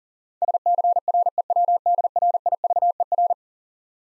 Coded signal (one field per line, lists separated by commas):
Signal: Morse code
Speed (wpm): 42 wpm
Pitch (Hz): 700 Hz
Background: none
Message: SCREWDRIVER